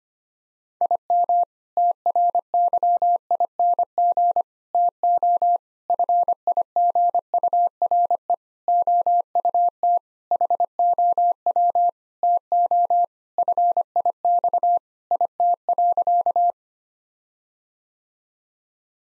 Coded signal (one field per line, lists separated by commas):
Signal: Morse code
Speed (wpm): 25 wpm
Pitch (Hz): 700 Hz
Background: none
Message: IM TRYING TO FIGURE OUT HOW TO FIX IT.